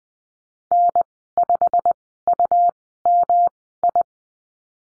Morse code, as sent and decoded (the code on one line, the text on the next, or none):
-. ..... ..- -- ..
N5UMI